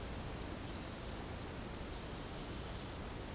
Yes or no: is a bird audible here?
no